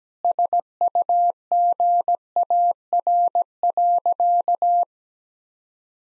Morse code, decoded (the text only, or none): SUGAR.